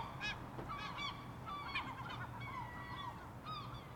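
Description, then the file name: Gulls giving harsh, nasal squawking calls, several overlapping bursts throughout over a steady low rumble. Several gulls recorded in an urban setting. "Urban Seagulls"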